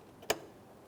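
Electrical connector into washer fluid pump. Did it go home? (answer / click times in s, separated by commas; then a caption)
yes / 0.3 s. A plastic electrical connector is pushed onto the washer fluid pump terminal on a 2011-2020 Toyota Sienna. It gives one sharp click at 0.3 s over faint background noise. The connector is seated, and a tug confirms it is secured.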